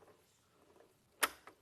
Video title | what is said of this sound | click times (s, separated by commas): Sewing Street Live | and then you go to your clutch on the side here and you literally turn it until it clicks | 1.2 s